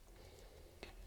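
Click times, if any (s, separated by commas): 0.8 s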